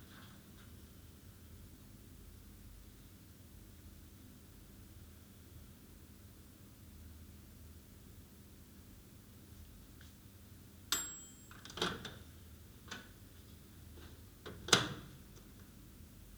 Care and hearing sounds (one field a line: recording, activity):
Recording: daily activity, guitar pickup as the sensor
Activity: use microwave